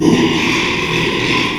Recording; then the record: squeal of a Yucatan mini pig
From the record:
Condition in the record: after surgery on the right vocal fold (resection and tissue-engineered implant); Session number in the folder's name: 1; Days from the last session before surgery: 6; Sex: male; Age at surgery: 12 weeks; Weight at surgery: 13 kg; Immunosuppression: cyclosporine, prednisolone